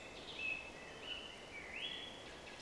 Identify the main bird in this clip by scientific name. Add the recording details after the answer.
Turdus philomelos. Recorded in Germany. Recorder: ecoPi